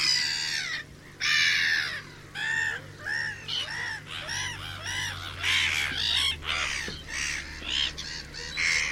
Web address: chant mouette rieuse